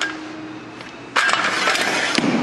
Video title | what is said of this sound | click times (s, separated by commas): 2012 Lund 2075 Pro- V IFS/SE w/ Mercury 300 Verado and Mercury 9.9 Pro Kicker | locks into place there just | 2.2 s